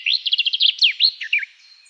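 Garden warbler song phrase that opens with a quick run of repeated notes, then turns into slurred, falling warbled notes before trailing off.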